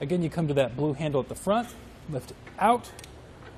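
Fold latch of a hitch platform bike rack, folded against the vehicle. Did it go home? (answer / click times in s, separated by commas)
no / none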